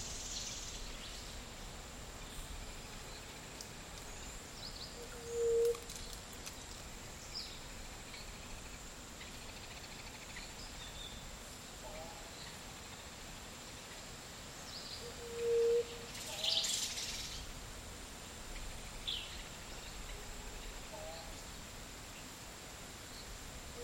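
Midday in a Costa Rican dry forest: a steady, even hiss of insects runs throughout with a thin high whine above it. Two short, clear tonal calls, at about 5 and 15 seconds, stand out, with a few faint bird chirps scattered between.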